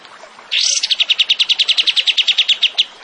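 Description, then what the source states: Zebra finch trill beginning with a rising sweep, followed by a quick, steady string of many sharp repeated notes. Masteran training recording of a gacor (vigorously singing) tembakan (zebra finch).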